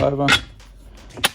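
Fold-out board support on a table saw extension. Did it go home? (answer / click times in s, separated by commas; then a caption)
yes / 1.2 s. Someone talks as the fold-out board support on the extension of a Dewalt DWE 7491 table saw is flipped over again, there to support wide boards so they don't dip. It clicks into its locked position with one sharp hit at 1.3 s, and the support is locked in place.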